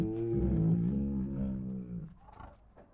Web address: Sound Ideas Tigers Sound Effects Two Tigers Make Grumbly Growls and Moans